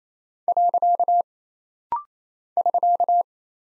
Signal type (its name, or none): Morse code